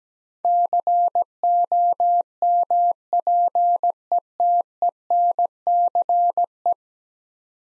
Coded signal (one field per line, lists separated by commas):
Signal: Morse code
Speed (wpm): 17 wpm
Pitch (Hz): 700 Hz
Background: none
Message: COMPETENCE